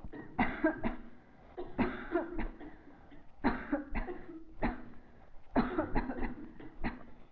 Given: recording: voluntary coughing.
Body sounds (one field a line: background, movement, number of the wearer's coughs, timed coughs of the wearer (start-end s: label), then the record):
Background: a bystander coughing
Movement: sitting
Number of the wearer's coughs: 11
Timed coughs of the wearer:
0.36-0.75 s: cough
0.81-1.12 s: cough
1.76-2.28 s: cough
2.33-2.61 s: cough
3.42-3.84 s: cough
3.94-4.24 s: cough
4.60-4.91 s: cough
5.53-5.90 s: cough
5.93-6.19 s: cough
6.21-6.52 s: cough
6.82-7.05 s: cough
From the record:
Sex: female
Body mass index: 22.6 kg/m2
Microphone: on the chest, facing the body